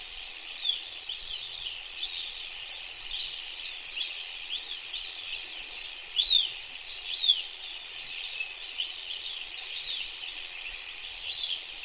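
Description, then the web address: Crickets giving a continuous high, shimmering trill, with faint sweeping chirps throughout. "anasyn caracalla thesis N 02 crickets"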